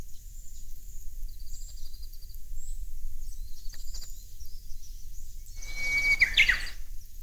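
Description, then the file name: Japanese bush warbler song: one steady, held whistle that breaks into a quick, tumbling flourish of notes, over heavy low rumbling noise and faint high chirps. "ウグイス音声"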